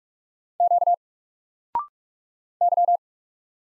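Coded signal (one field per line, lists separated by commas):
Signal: Morse code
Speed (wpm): 46 wpm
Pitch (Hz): 700 Hz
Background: none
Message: Q Y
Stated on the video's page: Single letters in Morse at 45 wpm, each sent, spoken after a 0.6-second pause, then sent again, for instant character recognition.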